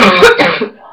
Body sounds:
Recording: coughing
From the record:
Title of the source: Barking cough - # 10

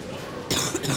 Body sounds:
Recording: coughing mixed with background sound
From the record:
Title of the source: Wet coughing

